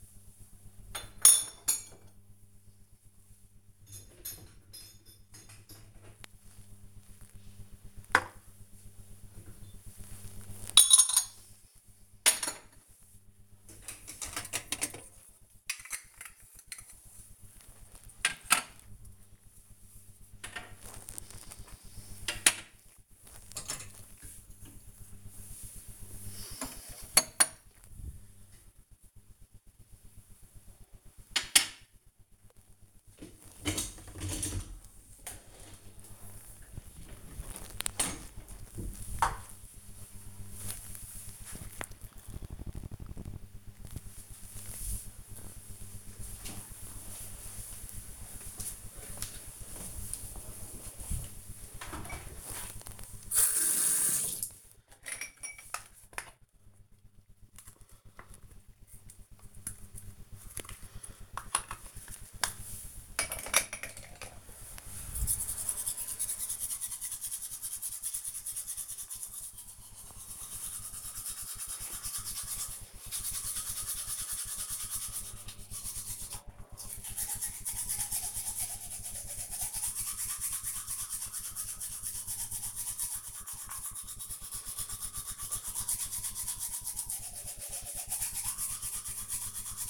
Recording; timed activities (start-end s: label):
household activities, microphone on the right wrist
0.00-36.41 s: cleaning out the dishwasher
53.53-89.90 s: brushing teeth